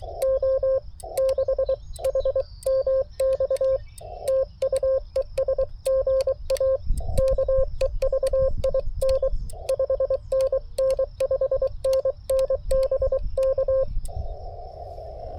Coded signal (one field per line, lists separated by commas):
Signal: Morse code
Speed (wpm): 23 wpm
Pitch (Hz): 530 Hz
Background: none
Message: O 6 HMX TU ES GA KEVIN 5NN 5NN BK